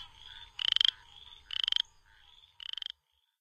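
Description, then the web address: Southern chorus frog: three short raspy trills at even spacing, with a quieter frog trilling beneath. North America. "Songs of Frogs Toads of North America. Southern Chorus Frog"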